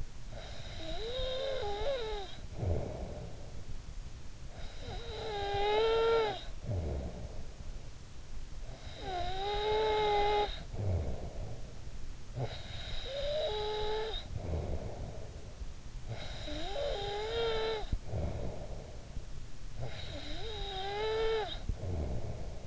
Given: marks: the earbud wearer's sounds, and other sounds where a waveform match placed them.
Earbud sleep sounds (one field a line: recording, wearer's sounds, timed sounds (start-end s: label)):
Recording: sounds in sleep by an in-ear microphone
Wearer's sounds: snoring breath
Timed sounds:
0.00-22.67 s: snoring breath